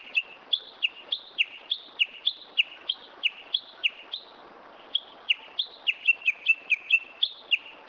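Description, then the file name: Japanese bush warbler delivering a long series of rapid whistled notes that dip and rise, briefly pausing midway before resuming faster and denser toward the end. "uguisu"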